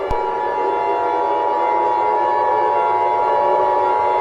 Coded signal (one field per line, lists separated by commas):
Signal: Emergency Alert System (SAME) tones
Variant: 853 and 960 Hz attention tone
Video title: EAS scenario #2: The Day Will Break